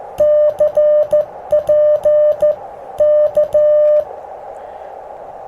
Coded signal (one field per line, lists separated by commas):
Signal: Morse code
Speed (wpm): 14 wpm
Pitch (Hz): 600 Hz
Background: music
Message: CP K